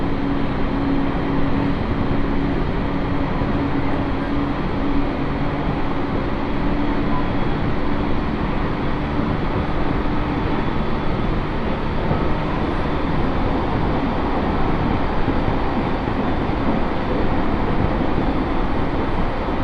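A train rolls steadily along the line, a dense continuous rumble filling the lows and mids with a faint hum riding underneath. The level barely changes over the twenty seconds, with no distinct clacks, horns or announcements standing out.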